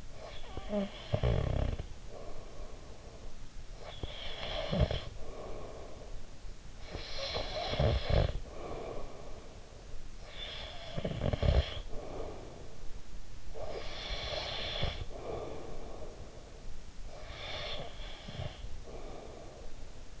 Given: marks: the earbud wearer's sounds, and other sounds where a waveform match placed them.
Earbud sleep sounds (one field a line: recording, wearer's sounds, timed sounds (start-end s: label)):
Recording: sounds in sleep by an in-ear microphone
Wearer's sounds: breath, snoring breath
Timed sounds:
0.00-3.38 s: breath
3.60-6.50 s: snoring breath
6.69-13.18 s: snoring breath
13.41-20.20 s: breath